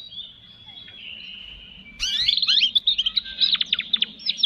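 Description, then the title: Canary gives a steady, thin whistled tone for about two seconds, then bursts into fast chirping trills and rolling warbled notes. Canary singing actively ('gacor') with its best song variations ('cengkok', 'isian'). "Kenari Gacor Cengkok Terbaik Isian Paling Mewah"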